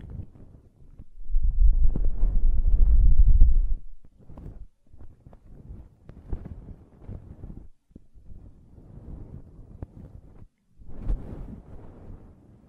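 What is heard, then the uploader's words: Ear cleaning and blowing, heard as rough, low rustling and whooshing bursts that come and go. The loudest stretch, a dense blowing rush, runs from about one to four seconds; quieter scratchy passages and brief clicks follow, with a short gust near eleven seconds. ASMR Ear Cleaning and Blowing (No Talking).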